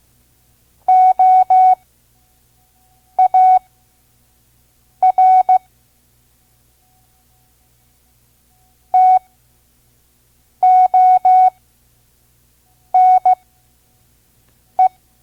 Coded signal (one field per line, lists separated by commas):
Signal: Morse code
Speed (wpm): 16 wpm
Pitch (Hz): 740 Hz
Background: none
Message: OAR TONE